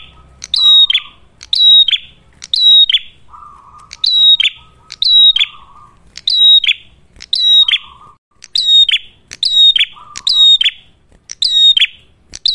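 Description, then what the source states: Ashy tailorbird singing bright high whistles with buzzy endings, repeated about once a second, interrupted by short lower buzzy trills. Prolific song, described as clear sound, suited for training captive birds or for luring.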